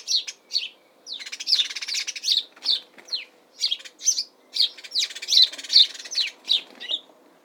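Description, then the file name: House sparrow chirping: loud, harsh, high chirps in quick bursts, several notes running together, with brief pauses between clusters. Chirping calls in spring, Suffolk, UK. "Bird House-Sparrow UKSuffolk"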